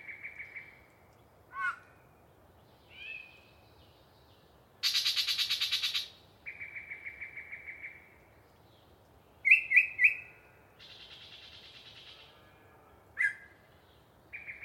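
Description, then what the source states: Yellow-breasted chat singing disjointed phrases: steady trills, a downslurred whistle, a loud harsh chatter, a nasal buzz and short rapid rattles, with gaps between each. Long pre-dawn song by one very chatty bird in deciduous cover near the microphones.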